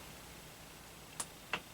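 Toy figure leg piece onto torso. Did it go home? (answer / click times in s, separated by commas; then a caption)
yes / 1.2 s, 1.5 s. A child presses the plastic leg piece of a LEGO minifigure onto its torso, and two short, sharp pops sound at 1.2 s and 1.5 s against quiet background noise. The legs snap on and seat, though they went on backwards.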